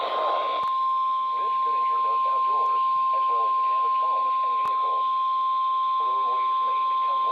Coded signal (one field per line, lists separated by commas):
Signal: Emergency Alert System (SAME) tones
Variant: 1050 Hz attention tone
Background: speech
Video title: EAS Alerts From 6/26/25 (EAS #4865-4932)